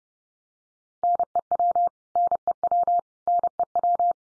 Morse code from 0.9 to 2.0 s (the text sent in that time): NEW